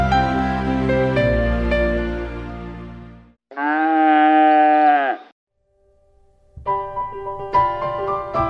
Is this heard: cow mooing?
yes